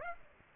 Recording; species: mosquito wingbeat signal from an infrared sensor; Aedes aegypti